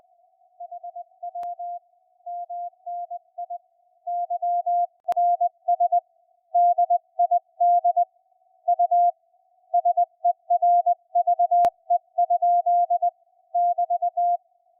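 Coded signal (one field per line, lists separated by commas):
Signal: Morse code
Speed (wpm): 19 wpm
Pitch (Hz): 700 Hz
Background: music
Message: HW MNI YRS DID U SERVE? <BT>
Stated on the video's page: CW on a SunSDR2 with noise reduction, noise blanker, audio peak filter and RF gain toggled on and off.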